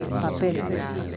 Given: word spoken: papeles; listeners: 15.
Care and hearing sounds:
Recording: one Spanish word in noise, from a listening test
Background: eight-talker babble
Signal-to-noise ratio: -0.4 dB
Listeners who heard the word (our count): 2 of 15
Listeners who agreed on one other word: 12 of 15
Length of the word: 0.77 s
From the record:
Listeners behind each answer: 12, 2, 1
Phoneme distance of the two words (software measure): 14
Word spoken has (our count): 3 syllables, 7 phonemes, stress on syllable 2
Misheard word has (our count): 2 syllables, 5 phonemes, stress on syllable 2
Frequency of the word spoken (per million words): 48.17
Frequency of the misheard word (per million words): 194.69

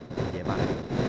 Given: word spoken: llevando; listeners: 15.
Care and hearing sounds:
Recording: one Spanish word in noise, from a listening test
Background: noise modulated by three-talker babble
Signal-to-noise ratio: -5.8 dB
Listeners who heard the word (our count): 0 of 15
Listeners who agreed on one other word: 7 of 15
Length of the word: 0.69 s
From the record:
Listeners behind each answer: 7, 3, 2, 1, 1, 1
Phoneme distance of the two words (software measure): 24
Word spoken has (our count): 3 syllables, 7 phonemes, stress on syllable 2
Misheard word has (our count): 2 syllables, 5 phonemes, stress on syllable 2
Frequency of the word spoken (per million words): 20.98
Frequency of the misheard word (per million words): 116.66

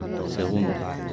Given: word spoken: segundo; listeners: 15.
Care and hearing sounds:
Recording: one Spanish word in noise, from a listening test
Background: eight-talker babble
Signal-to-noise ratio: 0.8 dB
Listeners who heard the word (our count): 1 of 15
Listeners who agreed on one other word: 11 of 15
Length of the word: 0.73 s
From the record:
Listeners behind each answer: 11, 2, 1, 1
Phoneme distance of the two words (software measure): 10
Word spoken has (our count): 3 syllables, 7 phonemes, stress on syllable 2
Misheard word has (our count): 3 syllables, 7 phonemes, stress on syllable 2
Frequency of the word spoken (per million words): 250.13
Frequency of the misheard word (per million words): 218.69

